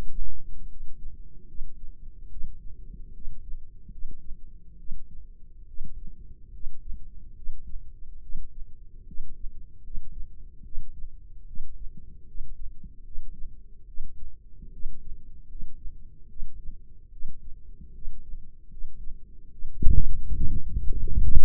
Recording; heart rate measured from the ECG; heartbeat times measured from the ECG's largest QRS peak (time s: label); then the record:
heart sounds by microphone in the left ear; 74 bpm
0.67 s: heartbeat
1.45 s: heartbeat
2.28 s: heartbeat
3.11 s: heartbeat
3.89 s: heartbeat
4.76 s: heartbeat
5.65 s: heartbeat
6.50 s: heartbeat
7.34 s: heartbeat
8.20 s: heartbeat
9.05 s: heartbeat
9.81 s: heartbeat
10.62 s: heartbeat
11.45 s: heartbeat
12.25 s: heartbeat
13.02 s: heartbeat
13.85 s: heartbeat
14.70 s: heartbeat
15.46 s: heartbeat
16.27 s: heartbeat
17.10 s: heartbeat
17.92 s: heartbeat
18.68 s: heartbeat
19.49 s: heartbeat
20.32 s: heartbeat
21.06 s: heartbeat
From the record:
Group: healthy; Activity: rest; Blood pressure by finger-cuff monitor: 145/81 mmHg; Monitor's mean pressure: 100 mmHg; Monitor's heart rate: 73 bpm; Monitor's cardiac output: 6.6 L/min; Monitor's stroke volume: 88 mL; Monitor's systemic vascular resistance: 1120 dyn s/cm5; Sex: female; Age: 22 years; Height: 154 cm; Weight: 58.7 kg